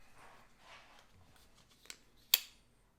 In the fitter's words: hear that lock into place and you really can't beat that it's not going anywhere and so